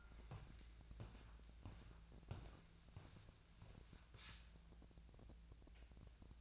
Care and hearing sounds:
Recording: daily activity, microphone in the room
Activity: walk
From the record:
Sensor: 2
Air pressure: 1012.0 hPa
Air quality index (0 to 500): 170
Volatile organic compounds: 2 ppm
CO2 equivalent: 1246 ppm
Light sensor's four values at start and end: 44/118/50/56 and 47/121/53/60

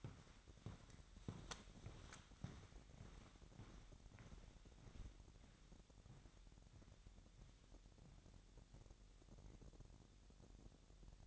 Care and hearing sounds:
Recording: daily activity, microphone in the room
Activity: walk to room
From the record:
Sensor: 3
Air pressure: 1012.2 hPa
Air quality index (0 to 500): 148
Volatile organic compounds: 2 ppm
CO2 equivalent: 1128 ppm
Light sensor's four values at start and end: 130/311/128/119 and 139/332/137/127

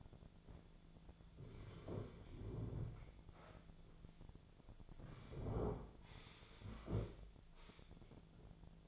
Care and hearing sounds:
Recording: daily activity, microphone in the room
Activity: sit down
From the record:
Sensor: 5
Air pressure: 1008.1 hPa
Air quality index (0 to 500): 156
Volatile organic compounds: 3 ppm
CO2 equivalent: 1496 ppm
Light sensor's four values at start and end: 58/163/63/63 and 59/165/64/64

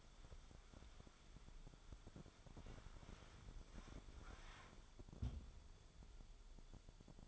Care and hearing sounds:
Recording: daily activity, microphone in the room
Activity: wipe stove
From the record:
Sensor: 5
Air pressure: 1015.2 hPa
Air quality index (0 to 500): 187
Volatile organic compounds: 7 ppm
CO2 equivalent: 2027 ppm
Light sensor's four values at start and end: 36/86/35/38 and 35/83/34/36

